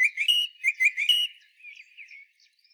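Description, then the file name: Common blackbird song: a series of rich whistled fluted notes with buzzy overtones, then softer, trailing warbles that fade away. "Turdus merula"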